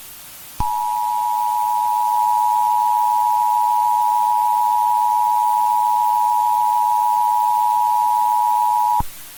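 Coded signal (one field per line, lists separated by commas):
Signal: Emergency Alert System (SAME) tones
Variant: 853 and 960 Hz attention tone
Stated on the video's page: Fictional EAS scenario about a dragon.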